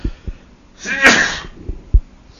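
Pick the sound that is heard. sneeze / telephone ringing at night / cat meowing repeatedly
sneeze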